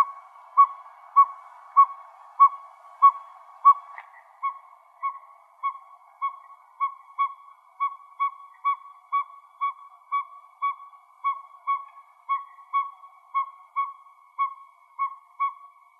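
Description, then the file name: Northern pygmy owl giving a long, even series of soft whistled toots, one roughly every half second, all on the same low pitch, with a faint click about four seconds in. Recorded in Arizona. "NOPO 1 deviche"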